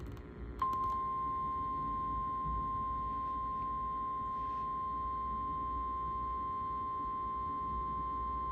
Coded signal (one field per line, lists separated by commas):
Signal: Emergency Alert System (SAME) tones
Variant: 1050 Hz attention tone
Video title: (EAS #2,989 - #3,008) WE FINALLY GOT SOME THINGS - EAS Alerts from 8/18/26 - 8/19/26